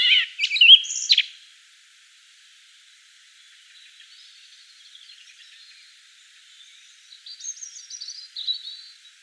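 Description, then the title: Common blackbird song: a brief loud burst of warbled and squeaky notes at the start, then faint high twittering, a little louder near the end. Common blackbird song recorded in Provence at dusk. "Sylvain Jaskowiak - Mes piafs. Merle noir en Provence au crépuscule"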